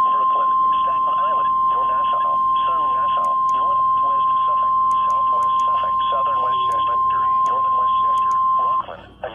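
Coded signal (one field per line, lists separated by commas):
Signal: Emergency Alert System (SAME) tones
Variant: 1050 Hz attention tone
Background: speech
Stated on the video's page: Tropical Storm Watch for the entire listening area of NOAA Weather Radio station KWO35.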